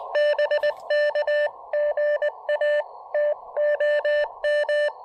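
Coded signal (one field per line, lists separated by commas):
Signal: Morse code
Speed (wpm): 18 wpm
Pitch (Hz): 590 Hz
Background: none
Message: BK GA TOM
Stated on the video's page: QRP field activation using a 40 meter EFHW antenna, with an Elecraft KX2 after Icom IC-703 Plus issues, later moving to 20 meters.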